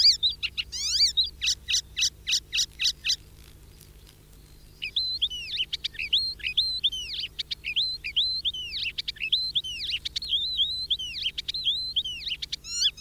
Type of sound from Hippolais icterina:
song